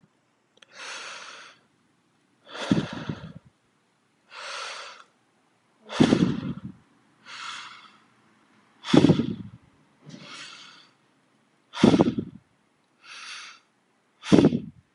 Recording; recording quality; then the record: deep breathing; excellent, no background noise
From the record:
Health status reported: healthy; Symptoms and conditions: none ticked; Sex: male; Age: 29 years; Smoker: not ticked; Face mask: not worn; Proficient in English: yes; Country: United States